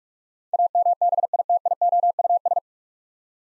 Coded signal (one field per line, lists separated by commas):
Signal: Morse code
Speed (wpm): 46 wpm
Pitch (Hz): 700 Hz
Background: none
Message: AMBITIOUS